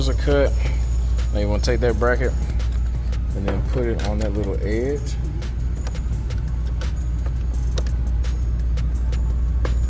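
Someone talks while fitting the plastic side bracket of a double-DIN dash install kit onto the little edge of the kit frame for a 2007 to 2013 Nissan Altima radio install, with light plastic handling knocks over a steady low hum. The bracket is being positioned but nothing has seated or snapped into place yet when the clip ends.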